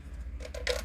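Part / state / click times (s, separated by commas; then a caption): plastic rear gear assembly into toy boat hull / seated / 0.7 s. The pre-assembled plastic rear gear assembly of a 2011 Cobra Fang toy boat, with its gears already built inside, is pressed onto the back of the hull, where there is a hole for it. Two faint plastic ticks at about 0.5 and 0.6 seconds lead into a sharp, bright snap at 0.7 seconds over a steady low hum. The assembly seats and snaps into place at 0.7 seconds.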